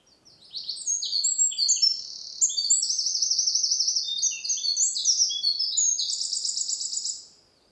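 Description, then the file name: Eurasian wren song, a loud, fast, high outpouring of trills and sharp notes lasting several seconds, with rapid rattling trill sections in the middle and near the end. "Troglodytes troglodytes"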